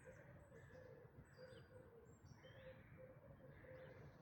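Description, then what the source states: Birds in a dawn chorus: a low repeated cooing note about twice a second beneath thin high whistles from other birds, with a low background rumble. Dawn chorus in May 2026.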